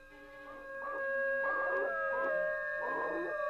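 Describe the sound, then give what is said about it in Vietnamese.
A dog grabbed by its tail and struggling in vain to break free howls in distress, a long wavering cry that swells and falls in pitch across several strained pulses, loud and sustained over a steady background tone, with no talking. “Nó rú lên một tiếng. Nó cố vùng vẫy nhưng không tài nào thoát ra được. Nó cứ thế mà chu lên.”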